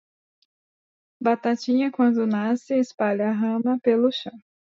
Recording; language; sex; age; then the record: short text; Brazilian Portuguese; female; 20 to 29 years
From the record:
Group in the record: control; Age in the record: 23 years